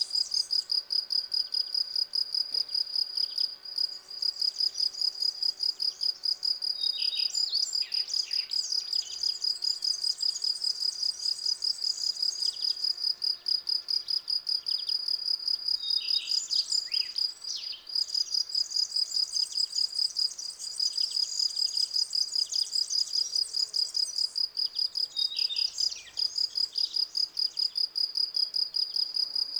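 Field crickets sing in a grassy meadow, a clear, bright, high chirping that runs nonstop in quick regular pulses. Faint bird calls flicker through the background now and then, over a soft, steady low hum.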